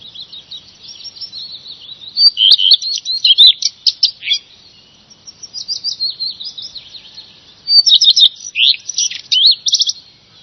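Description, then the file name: Redstart song: fast, scratchy high twittering with clipped chirps and short trills, in two louder flurries. "roodstaart"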